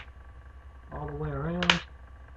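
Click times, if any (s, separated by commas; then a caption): none. A plastic front bezel is being handled around the display lid of a Dell Inspiron 1545 laptop during a screen replacement, with its clips meant to snap home around the edge. Someone talks over a low background hum, and nothing has seated or clicked yet.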